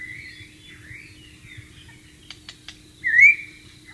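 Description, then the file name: White-rumped shama song, soft sliding whistles then a loud rising whistled note at the end, preceded by three quick clicks. Wild bird, recorded in its natural setting. "suara burung murai batu di alam liar"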